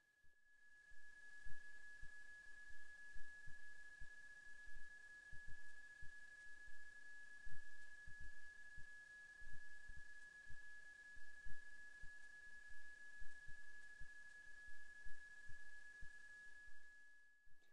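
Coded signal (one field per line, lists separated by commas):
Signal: PSK31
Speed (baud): 31.25 baud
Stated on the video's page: Amateur radio datamodes demonstration, overview for newcomers.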